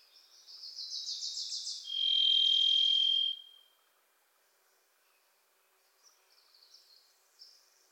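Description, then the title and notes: Varied thrush: a Wilson's Warbler's fast chattering trill leads into a Varied thrush's long, even, buzzy whistled note; fainter warbler trills follow after a pause. Sings from deep within trees in forests of the Pacific Northwest, hard to locate; a Wilson's Warbler sings alongside. "The Varied Thrush, Ixoreus naevius, is a wisp in the forests of the Pacific Northwest."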